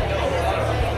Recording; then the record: background sound without coughing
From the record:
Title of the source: CITY SOUNDS Busy Bar in the Evening Night - 2 HOURS of Ambiance for Relaxation